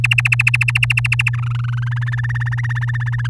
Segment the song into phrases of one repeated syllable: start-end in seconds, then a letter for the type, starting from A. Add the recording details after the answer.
0.04-1.30 A, 1.33-1.89 B, 1.91-3.27 C. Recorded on 11 May 2018 at 05:36. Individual llb16